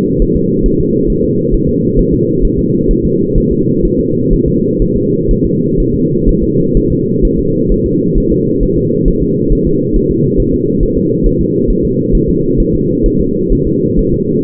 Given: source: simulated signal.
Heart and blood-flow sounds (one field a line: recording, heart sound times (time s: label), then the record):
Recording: fetal heart sounds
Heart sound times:
0.22 s: S1
0.36 s: S2
0.66 s: S1
0.80 s: S2
1.10 s: S1
1.24 s: S2
1.54 s: S1
1.69 s: S2
1.99 s: S1
2.14 s: S2
2.45 s: S1
2.59 s: S2
2.91 s: S1
3.05 s: S2
3.38 s: S1
3.52 s: S2
3.85 s: S1
4.00 s: S2
4.33 s: S1
4.48 s: S2
4.82 s: S1
4.97 s: S2
5.31 s: S1
5.45 s: S2
5.80 s: S1
5.95 s: S2
6.29 s: S1
6.43 s: S2
6.77 s: S1
6.92 s: S2
7.25 s: S1
7.39 s: S2
7.72 s: S1
7.86 s: S2
8.18 s: S1
8.32 s: S2
8.63 s: S1
8.78 s: S2
9.08 s: S1
9.22 s: S2
9.52 s: S1
9.67 s: S2
9.96 s: S1
10.11 s: S2
10.40 s: S1
10.54 s: S2
10.83 s: S1
10.97 s: S2
11.26 s: S1
11.41 s: S2
11.70 s: S1
11.85 s: S2
12.15 s: S1
12.29 s: S2
12.60 s: S1
12.75 s: S2
13.06 s: S1
13.20 s: S2
13.52 s: S1
13.67 s: S2
13.99 s: S1
14.14 s: S2
From the record:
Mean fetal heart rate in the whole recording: 130 bpm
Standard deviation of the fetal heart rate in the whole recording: 4 bpm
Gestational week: 38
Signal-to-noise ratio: -11.2 dB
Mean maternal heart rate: 72 bpm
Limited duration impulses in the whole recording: present